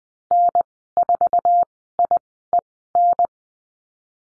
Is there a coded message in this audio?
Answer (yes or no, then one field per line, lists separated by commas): yes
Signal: Morse code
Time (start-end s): 0.3-3.3 s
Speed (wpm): 20 wpm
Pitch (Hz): 700 Hz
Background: none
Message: N4IEN